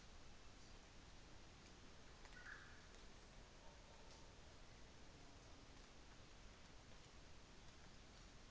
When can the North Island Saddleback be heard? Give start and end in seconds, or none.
none